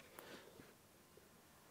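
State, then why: Seated. A SATA hard drive adapter is pushed onto the back expansion bay of a PS2 console and clicks into place with a single short, sharp click at 0.2 s. A few faint, soft handling sounds follow over a low, steady background. The adapter is seated.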